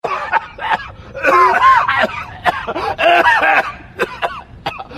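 Coughing from an adult, a sound effect: a series of irregular coughs over about five seconds.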